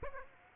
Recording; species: mosquito wingbeat signal from an infrared sensor; Aedes aegypti